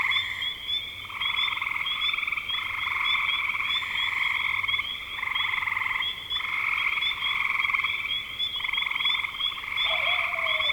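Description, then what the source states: Frogs trilling in chorus, rattling bursts of about a second in close succession; a brief lower falling note near the end. Recorded in spring 2025.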